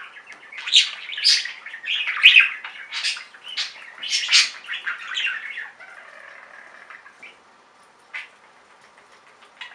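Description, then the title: Budgerigar chatter: dense, scratchy warbling of rapid clicks and squeaky notes for six seconds, then quieter, with one short chirp near the end. "Budgie Sounds"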